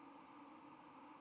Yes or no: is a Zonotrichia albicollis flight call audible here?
yes